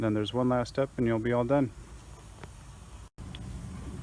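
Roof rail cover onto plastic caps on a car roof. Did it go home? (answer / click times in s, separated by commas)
yes / 2.4 s, 3.4 s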